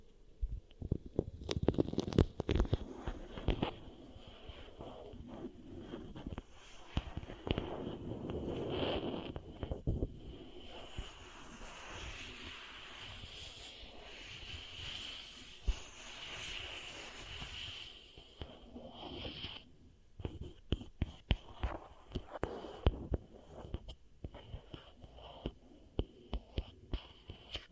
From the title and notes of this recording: ASMR Really Nice Beeswax Ear Triggers for SLEEP (No Talking).